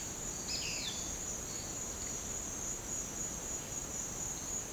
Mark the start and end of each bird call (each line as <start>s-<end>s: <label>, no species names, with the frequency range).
0.41s-1.04s: bird call (1.4-5.5 kHz)